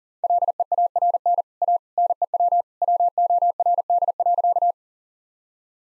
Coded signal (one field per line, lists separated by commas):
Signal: Morse code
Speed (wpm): 40 wpm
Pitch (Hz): 700 Hz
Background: none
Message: LEARN A NEW WORD.